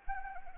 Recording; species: mosquito wingbeat signal from an infrared sensor; Anopheles arabiensis